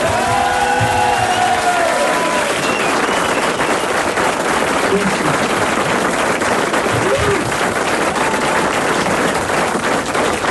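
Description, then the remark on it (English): A concert crowd bursts into dense, sustained applause for the musicians, with scattered cheers and whistles, loud and steady throughout; a few sustained musical tones ring out at the start before fading under the clapping. “J'aimerais qu'il y ait un énorme applaudissement pour tous ces bons musiciens qui sont venus jouer avec moi.”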